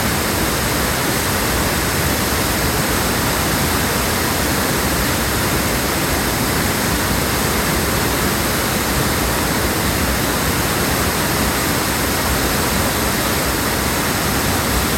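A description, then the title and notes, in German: A waterfall roars steadily through the whole stretch, a dense, unbroken rush of falling water with no pauses or swells. The sound is full from deep rumble up to a bright hiss, and its level holds constant from start to finish. Wäldletobelwasserfall.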